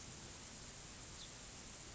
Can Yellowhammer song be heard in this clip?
no